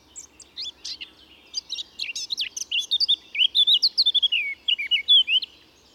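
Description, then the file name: Eurasian blackcap singing a hurried, twittering warble that builds into a run of loud, pure whistled notes near the end. "Sylvia atricapilla"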